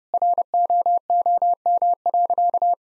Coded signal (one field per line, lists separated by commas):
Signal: Morse code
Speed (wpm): 30 wpm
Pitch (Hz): 700 Hz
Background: none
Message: ROOM.